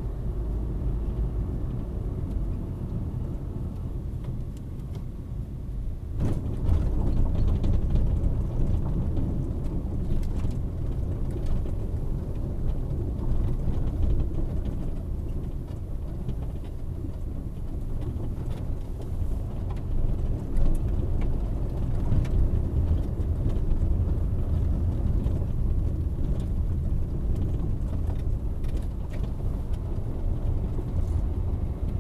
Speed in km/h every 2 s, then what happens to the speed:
39, 31, 22, 18, 14, 13, 14, 12, 12, 14, 20, 22, 22, 19, 18, 23.
0-9 slows to 13. 9-17 steady at about 12. 17-21 speeds up to 22. 21-28 steady at about 19.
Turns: none.